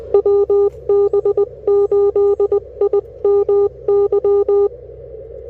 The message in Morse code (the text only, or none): WB8IMY